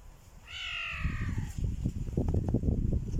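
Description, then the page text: Kodkod giving one drawn-out, harmonic meow that slides gently downward, followed by low rustling and scuffling noises. "Leopardus guigna"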